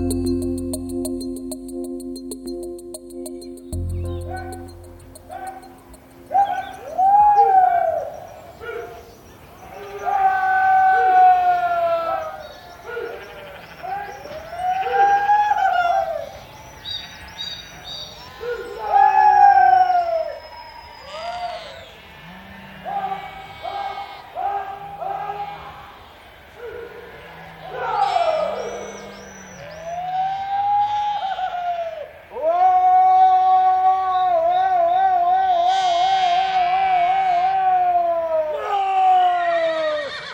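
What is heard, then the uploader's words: A field recording from Tierra del Fuego opens with low, steady droning tones for about six seconds. Then come repeated rising-and-falling calls every few seconds, some wavering or trilled and overlapping with higher chirps, over a faint low rumble. Fonografias_Tierra_del_fuego.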